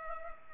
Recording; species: mosquito wingbeat signal from an infrared sensor; Culex pipiens